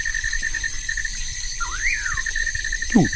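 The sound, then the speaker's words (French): Young caimans give short, rising-and-falling yelping calls at night over a steady wash of shrill insect trilling and chirping, with one sharp descending yelp near the end. “Ça, c'est les petits caïmans.”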